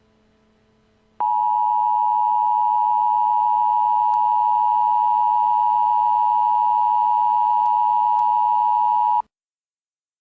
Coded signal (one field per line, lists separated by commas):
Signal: Emergency Alert System (SAME) tones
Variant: 853 and 960 Hz attention tone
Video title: An EAS timeline of the 10/6/12 Boardman River Dam failure